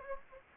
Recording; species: mosquito wingbeat signal from an infrared sensor; Anopheles gambiae